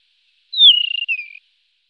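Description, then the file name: Desert wheatear: one plaintive whistle dropping from high to mid pitch, wavering slightly, then a short falling tail note. "Okenstenskvatta"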